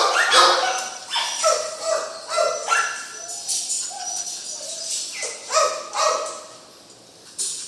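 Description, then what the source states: Dog barks and yelps in irregular bursts, some drawn-out whining barks, with a short pause near the end before another bark. In a kennel.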